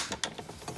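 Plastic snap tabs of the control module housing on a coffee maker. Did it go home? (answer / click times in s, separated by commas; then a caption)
yes / 0.2 s. A finger presses the plastic snap tabs shut on the modular control housing of a Keurig coffee maker, closing it back up during a broken-screen repair. A sharp, bright click at 0.2 s stands out among softer plastic taps around 0.1, 0.4 and 0.7 s. The tabs seat and the housing clicks shut.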